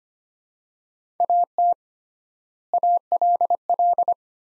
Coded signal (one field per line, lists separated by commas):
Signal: Morse code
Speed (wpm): 25 wpm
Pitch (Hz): 700 Hz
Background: none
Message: AT ALL